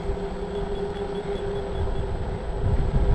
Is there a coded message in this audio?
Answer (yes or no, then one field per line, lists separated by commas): no